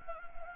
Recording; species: mosquito wingbeat signal from an infrared sensor; Anopheles gambiae